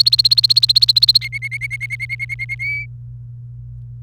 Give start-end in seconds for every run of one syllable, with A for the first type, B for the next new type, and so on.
0.00-1.18 A, 1.21-2.55 B, 2.59-2.86 C